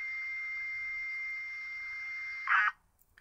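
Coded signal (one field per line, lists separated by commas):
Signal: computer data on cassette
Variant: Sharp organizer cassette interface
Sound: steady high lead tone with hiss for 2.5 seconds, then a short harsh buzzing data burst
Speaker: that I think is the name of the file which on this one I've just called J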